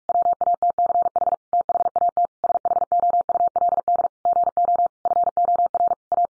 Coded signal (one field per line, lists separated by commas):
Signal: Morse code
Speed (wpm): 44 wpm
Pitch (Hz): 700 Hz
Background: none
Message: WATCH THAT SHOULD GO FOR A